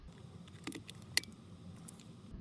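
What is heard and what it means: The windshield mount bracket of a Rove R2-4K Dual Pro dash cam is slid onto the top of the dash cam body, plastic on plastic, with a few light ticks and scrapes. It snaps home with one loud, sharp click at 1.2 s, and the mount is seated.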